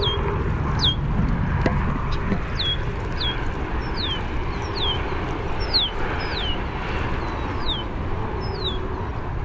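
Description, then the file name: Red-winged blackbird contact calls: many thin downslurred whistles repeated at a steady pace, over a steady low rumbling background noise. Call type named as a contact song, rendered as "cheer". "RWBL cheer contact song"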